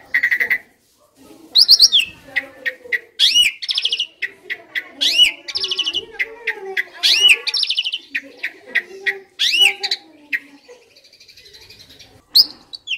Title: Masteran Jalak Suren Atasi Burung KURANG GACOR Dan LOYO